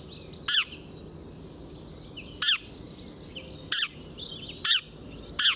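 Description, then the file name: House sparrow calling with five loud, clipped chirps at uneven intervals, while faint bird chatter runs underneath. "Passer domesticus"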